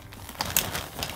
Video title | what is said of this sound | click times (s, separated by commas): How To Set Up The Aputure Light Dome Mini II + Demo Shots With The C300 | you have to press quite hard on each of these bits here and they lock into place | 0.6 s